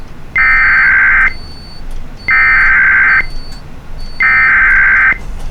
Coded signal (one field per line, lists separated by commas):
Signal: Emergency Alert System (SAME) tones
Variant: header bursts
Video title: Child Abduction Emergency || 7-19-24 (EAS #2,950)